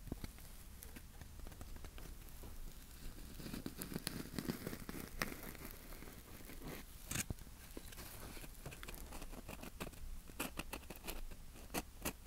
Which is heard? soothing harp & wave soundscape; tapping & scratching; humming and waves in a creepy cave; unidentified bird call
tapping & scratching